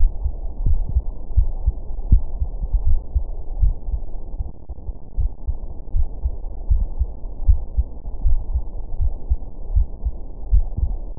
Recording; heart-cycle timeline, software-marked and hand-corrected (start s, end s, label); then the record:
heart sounds
0.00	0.09	S1
0.09	0.23	systole
0.23	0.33	S2
0.33	0.65	diastole
0.65	0.79	S1
0.79	0.93	systole
0.93	1.03	S2
1.03	1.37	diastole
1.37	1.49	S1
1.49	1.65	systole
1.65	1.75	S2
1.75	2.09	diastole
2.09	2.23	S1
2.23	2.39	systole
2.39	2.49	S2
2.49	2.85	diastole
2.85	2.99	S1
2.99	3.15	systole
3.15	3.25	S2
3.25	3.59	diastole
3.59	3.73	S1
3.73	3.89	systole
3.89	3.99	S2
3.99	4.37	diastole
4.37	4.49	S1
4.49	4.67	systole
4.67	4.77	S2
4.77	5.17	diastole
5.17	5.29	S1
5.29	5.47	systole
5.47	5.57	S2
5.57	5.95	diastole
5.95	6.07	S1
6.07	6.23	systole
6.23	6.33	S2
6.33	6.69	diastole
6.69	6.85	S1
6.85	6.99	systole
6.99	7.09	S2
7.09	7.47	diastole
7.47	7.59	S1
7.59	7.77	systole
7.77	7.87	S2
7.87	8.25	diastole
8.25	8.39	S1
8.39	8.53	systole
8.53	8.63	S2
8.63	9.01	diastole
9.01	9.13	S1
9.13	9.29	systole
9.29	9.39	S2
9.39	9.73	diastole
9.73	9.87	S1
9.87	10.05	systole
10.05	10.15	S2
10.15	10.51	diastole
10.51	10.65	S1
10.65	10.79	systole
10.79	10.89	S2
10.89	11.20	diastole
From the record:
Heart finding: coronary artery disease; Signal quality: good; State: rest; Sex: male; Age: 56 years